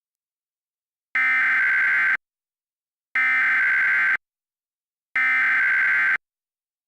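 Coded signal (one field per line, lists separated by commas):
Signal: Emergency Alert System (SAME) tones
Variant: header bursts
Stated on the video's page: Mock re-creation of a tornado emergency, made with a software EAS encoder, with valid tones.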